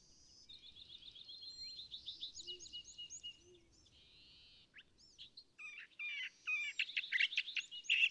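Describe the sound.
California thrasher song, a string of varied phrases: quick repeated notes, then louder harsh notes toward the end.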